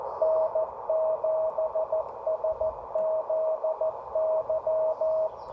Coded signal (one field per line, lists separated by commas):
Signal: Morse code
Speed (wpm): 15 wpm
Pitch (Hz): 630 Hz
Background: none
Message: N7SZY